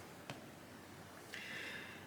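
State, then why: Seated. During reassembly of a four-inch Ruger Security Six revolver for cleaning and lubrication, its cylinder is swung closed into the frame and locks in place. A single sharp metallic click at 0.3 s marks the cylinder latching, followed by a longer high-pitched hissing noise from about 1.3 s to the end. The cylinder is seated and locked.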